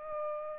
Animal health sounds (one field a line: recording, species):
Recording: mosquito wingbeat signal from an infrared sensor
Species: Aedes aegypti